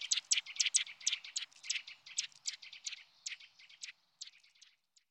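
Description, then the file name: Eurasian nuthatch calls: rapid, irregular bursts of sharp high chirps that crowd together for about four seconds, then thin out into a few scattered notes. "Sittelle torchepot"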